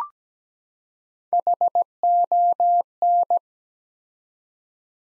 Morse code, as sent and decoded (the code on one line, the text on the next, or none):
.... --- -.
HON